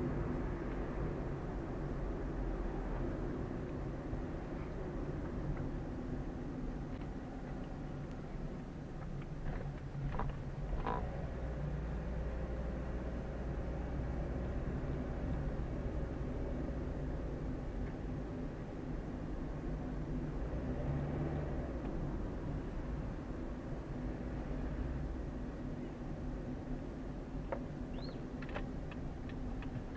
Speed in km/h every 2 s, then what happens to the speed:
37, 33, 30, 27, 17, 13, 19, 23, 26, 26, 27, 27, 26, 25, 24.
0-9 slows to 13. 9-16 speeds up to 26. 16-30 steady at about 26.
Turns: none.